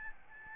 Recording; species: mosquito wingbeat signal from an infrared sensor; Aedes albopictus